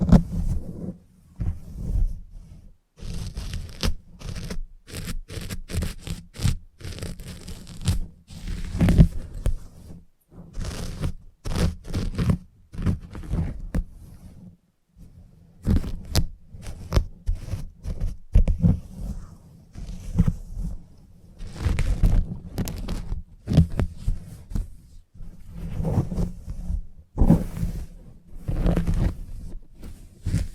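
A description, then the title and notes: Salon haircut with scissors and clipper: a dense, irregular run of short crisp snips and rustles, bunched in quick clusters with brief gaps near 3, 10 and 15 seconds. A low, steady buzz hums underneath for most of the clip. Salon Haircut Head Massage, Scissors and Clipper.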